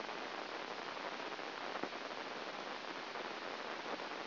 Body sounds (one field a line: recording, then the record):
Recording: brain microelectrode recording played as sound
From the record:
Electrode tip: inside the subthalamic nucleus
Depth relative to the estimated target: 0 mm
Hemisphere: right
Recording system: AlphaMap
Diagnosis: Parkinson's disease